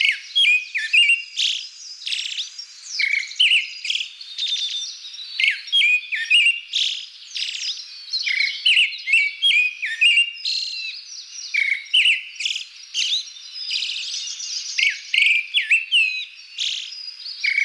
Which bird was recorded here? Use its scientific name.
Turdus pallidus